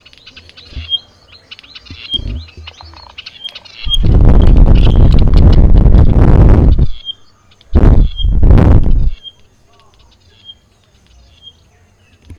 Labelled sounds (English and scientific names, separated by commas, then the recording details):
Pygmy Batis (Batis perkeo)
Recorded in northern Uganda